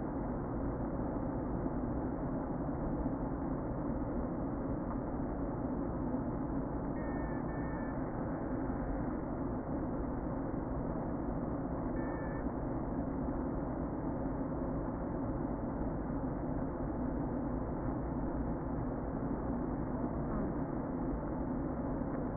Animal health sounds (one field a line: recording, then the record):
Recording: honeybee colony, microphone inside the hive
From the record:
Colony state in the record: queen present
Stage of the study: before two queens were removed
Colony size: about 60,000 bees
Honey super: yes